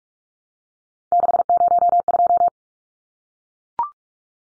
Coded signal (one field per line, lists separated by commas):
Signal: Morse code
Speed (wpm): 44 wpm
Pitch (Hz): 700 Hz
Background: none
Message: 602